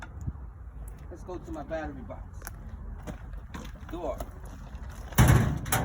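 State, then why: Seated. Someone talks while working the battery box door on a school bus during a pre-trip inspection. The door is closed and its latch locks in place with two sharp metallic hits at 5.2 s and 5.7 s.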